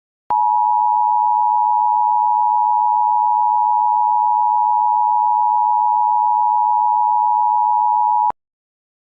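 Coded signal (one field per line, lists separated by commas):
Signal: Emergency Alert System (SAME) tones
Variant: 853 and 960 Hz attention tone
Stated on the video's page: Mock EAS alert, not a real broadcast.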